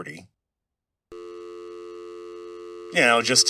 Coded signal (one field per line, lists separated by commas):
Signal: telephone call progress tone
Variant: North America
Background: speech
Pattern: dial tone